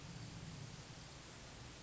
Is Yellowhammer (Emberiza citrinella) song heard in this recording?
no